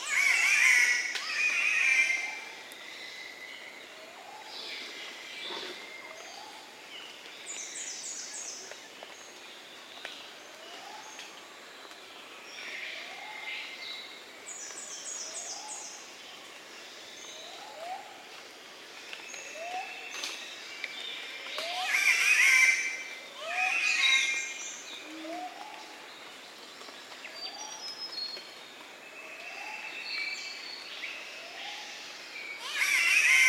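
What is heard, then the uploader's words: Birdsong fills the Daintree Rainforest, with loud bursts of bright calls near the start, around 22 to 24 seconds, and at the very end. A steady high insect hiss runs throughout, while a soft low call repeats about every two seconds underneath. The Daintree Rainforest in Queensland Australia.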